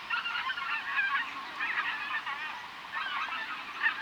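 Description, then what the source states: Greater white-fronted goose flock calling, a dense chorus of high, yelping honks overlapping throughout. Nominate subspecies Anser albifrons albifrons.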